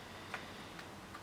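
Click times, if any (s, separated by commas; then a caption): none. A three-pin XLR cable plug is handled and lined up with the three-hole socket of a recorder input, giving short, light ticks at about 0.3, 0.8 and 1.3 seconds over a steady low background. The plug is not yet pushed home, and its latch has not clicked or seated yet.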